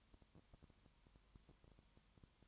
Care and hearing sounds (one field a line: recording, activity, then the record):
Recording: daily activity, microphone in the room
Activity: no activity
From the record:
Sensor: 3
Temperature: 21.1 degrees Celsius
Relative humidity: 37.0%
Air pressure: 1010.6 hPa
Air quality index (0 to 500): 204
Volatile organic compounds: 31 ppm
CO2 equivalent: 2974 ppm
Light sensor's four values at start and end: 2/3/2/2 and 2/3/2/2